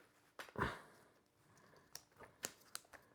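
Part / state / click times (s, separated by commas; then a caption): seat pad bottom strap onto swing seat frame / not seated / none. The second bottom strap of the seat pad on a Graco Soothe My Way Swing with Removable Rocker is worked onto the swing seat frame. A broad rustling burst comes at about 0.6 s, followed by short sharp ticks near 2.5 s and 2.8 s as the strap is handled. Nothing has snapped into place yet.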